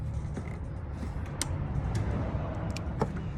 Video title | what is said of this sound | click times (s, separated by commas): 2004 Nissan Xterra Removing the old fuel pump#mechanic#automobile#nissanxterra#fuelpump | see that click yeah you don't want to hear that click again | 1.4 s